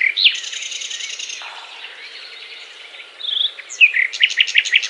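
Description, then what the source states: Nightingale song, a brief sweeping whistle and soft buzzy trill, a quiet pause, then a burst of sharp repeated notes near the end. Song described as a love serenade.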